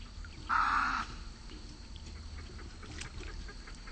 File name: Snowy Egret